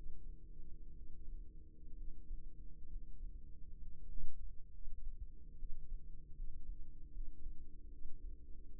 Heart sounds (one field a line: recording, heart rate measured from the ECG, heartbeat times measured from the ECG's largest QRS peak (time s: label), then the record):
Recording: heart sounds by microphone in the left ear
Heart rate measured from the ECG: 69 bpm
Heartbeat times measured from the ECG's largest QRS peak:
0.94 s: heartbeat
1.98 s: heartbeat
2.90 s: heartbeat
3.82 s: heartbeat
4.73 s: heartbeat
5.59 s: heartbeat
6.36 s: heartbeat
7.13 s: heartbeat
7.91 s: heartbeat
8.75 s: heartbeat
From the record:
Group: healthy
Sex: male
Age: 22 years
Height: 181 cm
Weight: 79 kg